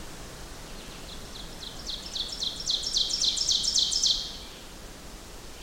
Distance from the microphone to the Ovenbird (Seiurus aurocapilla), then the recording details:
about 30 m. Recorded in boreal forest in Alberta, Canada, on 14 June 2016 at 08:21. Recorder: SongMeter 3, array SBT-3-33. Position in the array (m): 109 m, 144 m. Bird 21